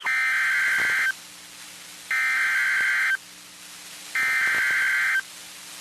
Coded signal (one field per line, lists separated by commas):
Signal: Emergency Alert System (SAME) tones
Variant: header bursts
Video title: Severe Thunderstorm Warning (EAS 2241) 3/16/23